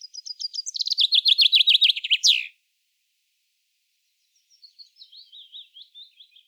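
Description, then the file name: Common chaffinch song: a rapid run of bright notes that drops in pitch and ends in a sharp flourish, followed after a pause by a fainter trill. "Fringilla coelebs"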